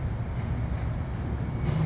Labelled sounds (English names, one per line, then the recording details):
California Towhee
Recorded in Sonoma County, California